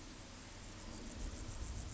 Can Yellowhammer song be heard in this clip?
no